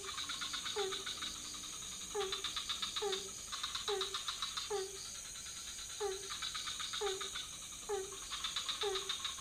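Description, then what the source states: Frogs calling in a chorus: short low croaks repeated about once a second, with bursts of rapid rattling clicks and a steady high insect-like hiss throughout. Several frog species calling at night in a pond near a hotel in Ubud, Bali, Indonesia; recorded on Sony PCM D50 with Rode NT4 microphone on boompole.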